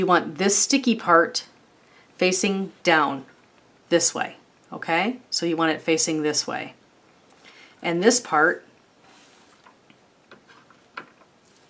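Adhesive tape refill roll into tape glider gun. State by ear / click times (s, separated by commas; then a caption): seated / 11.0 s. Someone talks while an ATG adhesive tape refill roll is pressed onto its spindle in a tape glider gun. Speech fills the first nine seconds, then a few quiet handling sounds lead to a sharp snap at 11.0 s as the roll pops into place, seated.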